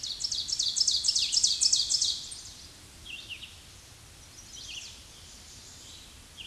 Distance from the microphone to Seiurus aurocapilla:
about 5 m